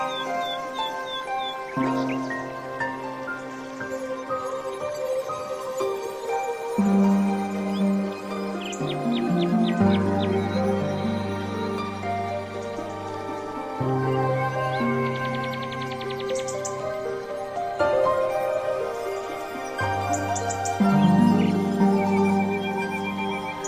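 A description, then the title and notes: Zen music with nature sounds: sustained tones hold steady, with low notes shifting to new pitches every few seconds, around 7, 10, 14, 18 and 20 seconds. Brief bright chirps and clicks sparkle above the music now and then, and the loudness stays fairly even throughout. Nature Sounds, Zen Music.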